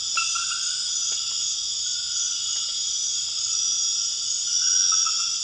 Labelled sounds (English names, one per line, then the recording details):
none
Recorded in dense forest near Puerto Asís, Putumayo, Colombia, on 9 March 2025 at 23:00
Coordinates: 0.481, -76.323
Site G088